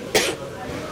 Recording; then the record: coughing mixed with background sound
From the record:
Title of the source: 61 morning phlegmy cough...again